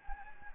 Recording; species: mosquito wingbeat signal from an infrared sensor; Anopheles gambiae